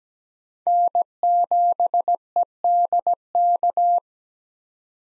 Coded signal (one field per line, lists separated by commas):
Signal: Morse code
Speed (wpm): 17 wpm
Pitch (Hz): 700 Hz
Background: none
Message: N7EDK